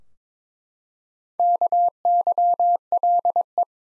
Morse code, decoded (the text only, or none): KYLE